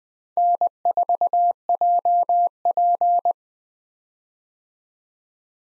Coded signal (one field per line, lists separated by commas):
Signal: Morse code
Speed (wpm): 20 wpm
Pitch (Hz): 700 Hz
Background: none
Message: N4JP